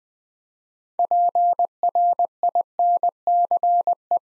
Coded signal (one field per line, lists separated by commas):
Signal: Morse code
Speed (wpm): 20 wpm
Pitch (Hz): 700 Hz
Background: none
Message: PRINCE